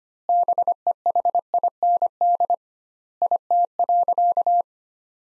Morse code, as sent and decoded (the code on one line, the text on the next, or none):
-... . .... .. -. -.. / .. - .-.-.-
BEHIND IT.